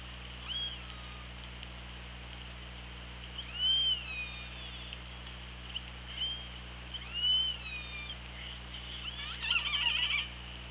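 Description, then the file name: Killer whale whistles, several short rising and falling whistled calls spaced a few seconds apart, ending in a buzzy pulsed burst, over constant low hum and hiss. Recorded by OrcaLab hydrophone, underwater, 24 August 2017 at 17:25. "Orca Lab 20170824 172504"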